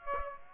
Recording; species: mosquito wingbeat signal from an infrared sensor; Aedes aegypti